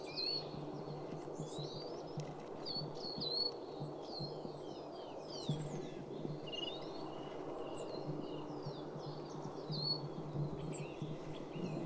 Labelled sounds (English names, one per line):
Goldcrest call